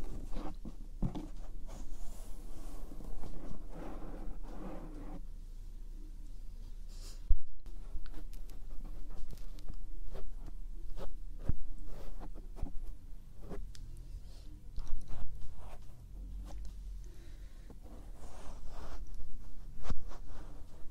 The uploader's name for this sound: Ear brushing, Ear tapping, Finger Flutter, Ear cupping, Ear touching